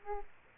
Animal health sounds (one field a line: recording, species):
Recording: mosquito wingbeat signal from an infrared sensor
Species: Aedes aegypti